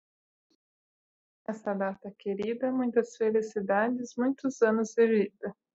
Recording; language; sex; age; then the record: short text; Brazilian Portuguese; female; 20 to 29 years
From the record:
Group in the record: control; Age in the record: 29 years